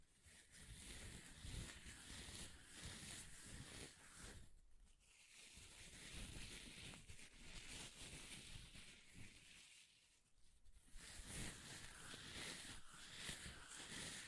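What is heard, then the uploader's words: Paper is ripped and torn in long, rough, crackling strokes that fill most of the clip with a dense, bright rasp. Two brief lulls break the tearing, around the five- and ten-second marks, before it resumes just as busily. ASMR Paper Ripping Tearing Sounds (No Talking).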